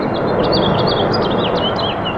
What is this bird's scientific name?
Haemorhous mexicanus